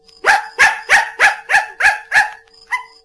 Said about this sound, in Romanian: Bravo! E într-adevăr ora 7:15. Ce cățel învățat! Grozavă potaie!